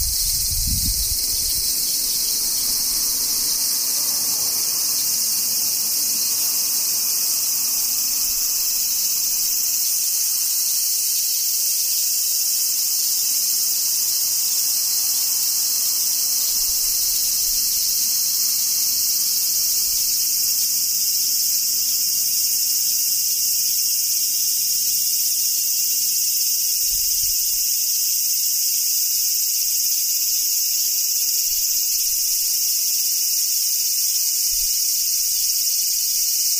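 Cicadas drone in a dense, unbroken shrill chorus that stays level for the whole recording, sitting high and bright with a steady pulsing texture. A few soft low thumps, like handling or movement, come near the start and around the middle.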